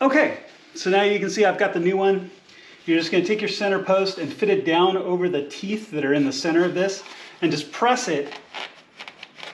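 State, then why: Seated. A plastic oil filter cage center post is pressed down over the teeth inside a new billet aluminum oil filter housing cap, an upgrade part from Burger Motorsports for BMW N54/N55/S55/N51/N52/N20/N26 engines. Someone talks through most of the clip, and then short sharp clicks sound near the end. The post snaps and seats into the cap at 9.2 s and 9.4 s.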